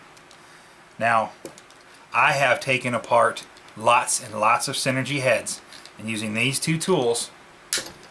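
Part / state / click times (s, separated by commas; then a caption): bolt in RC helicopter main rotor head / released / 7.7 s. Someone talks while loosening a tight bolt on the metal main rotor head of a Synergy 516 RC helicopter, using an Allen key turned 90 degrees as a handle together with a second tool. At 7.7 s the tight bolt breaks free with a sharp click, and it is released.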